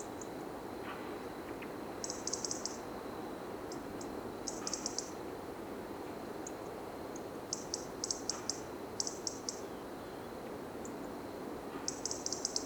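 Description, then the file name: European robin giving rapid high tick series in irregular bursts, some single ticks between, against a continuous noisy background. "Erithacus rubecula"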